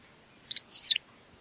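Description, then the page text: Lapland longspur call: a quick pair of ticks followed by two short whistled notes, the last falling, heard once. "Ryan P. O'Donnell - Лапландский подорожник (Calcarius lapponicus)"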